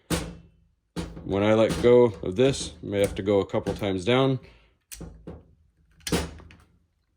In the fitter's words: That'll pop into place.